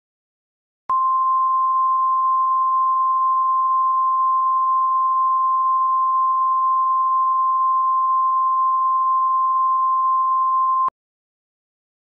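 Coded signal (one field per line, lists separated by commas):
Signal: Emergency Alert System (SAME) tones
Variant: 1050 Hz attention tone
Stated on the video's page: Simulated EAS scenario tones for a fictional Georgia weather disaster.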